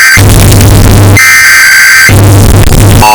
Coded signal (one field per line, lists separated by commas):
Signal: Emergency Alert System (SAME) tones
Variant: header bursts